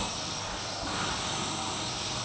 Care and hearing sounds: daily activity, microphone in the room; vacuum cleaning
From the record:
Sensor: 1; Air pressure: 991.0 hPa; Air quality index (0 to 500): 118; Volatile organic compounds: 173 ppm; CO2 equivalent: 4118 ppm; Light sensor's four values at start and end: 18/43/18/20 and 18/40/17/19

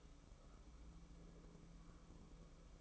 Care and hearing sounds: daily activity, microphone in the room; take from stove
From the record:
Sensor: 1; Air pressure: 1008.1 hPa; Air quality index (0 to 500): 134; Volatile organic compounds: 2 ppm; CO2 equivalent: 1128 ppm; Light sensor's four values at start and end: 8/18/7/8 and 8/19/7/8

